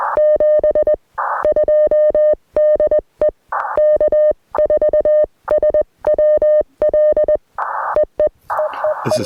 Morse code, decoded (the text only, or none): 72 DE K4SWL EE EEE